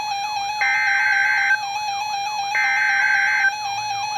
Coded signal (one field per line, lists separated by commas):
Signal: Emergency Alert System (SAME) tones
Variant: header bursts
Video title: Severe Thunderstorm Warning - 07/06/19 (EAS #107)